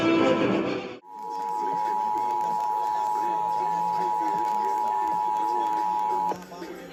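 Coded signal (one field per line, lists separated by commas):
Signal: Emergency Alert System (SAME) tones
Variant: 853 and 960 Hz attention tone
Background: speech, music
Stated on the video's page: Texas Required Monthly Test as broadcast on Dallas/Fort Worth radio and television stations.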